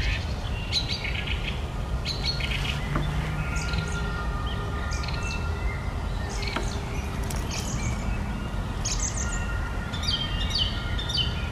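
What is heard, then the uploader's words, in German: Birds sing and chirp through a walk in the woods, with short bright calls and trills scattered across the whole twelve seconds, busiest around the middle and end. Beneath them runs a steady low rumble, with a few faint sustained tones. Abends mit dem Hund raus. Eine Stunde Spaziergang im Wald mit Hund.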